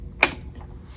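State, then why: Seated. A bobbin case is pushed into the hook area of a Bernina Series 3 sewing machine, its small latch parallel to the table, with the stitch finger up. A sharp, bright click at 0.2 seconds rings across the high frequencies and fades quickly, followed by a faint softer tick. The bobbin case seats with that click.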